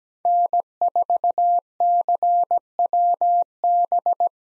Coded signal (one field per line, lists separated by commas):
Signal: Morse code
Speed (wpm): 17 wpm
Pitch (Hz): 700 Hz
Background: none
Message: N4CWB